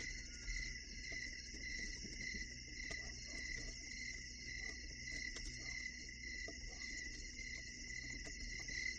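Crickets chirping in a steady, shimmering high-pitched chorus that runs without pause, over low background noise.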